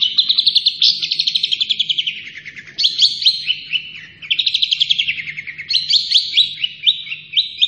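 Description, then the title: Long-tailed shrike song, a dense run of chattering, scratchy high notes in fast trills, in several bursts of varied, mostly downward-drifting phrases. Singing actively in full voice. "Cendet Gacor"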